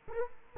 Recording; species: mosquito wingbeat signal from an infrared sensor; Culex quinquefasciatus